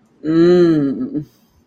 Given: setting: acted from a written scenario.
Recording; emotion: vocal sound without words; desire